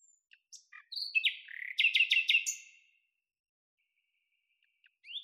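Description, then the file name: Common nightingale phrase of clicks and whistles leading into rapid repeated notes, followed by near silence and a final rising note. "Luscinia megarhynchos"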